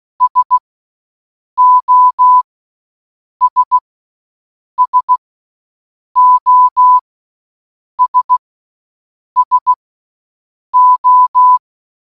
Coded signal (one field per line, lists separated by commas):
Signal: Morse code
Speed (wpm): 16 wpm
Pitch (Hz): 1000 Hz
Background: none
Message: SOS SOS SO